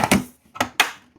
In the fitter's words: I heard a click.